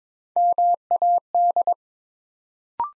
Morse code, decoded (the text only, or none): MAD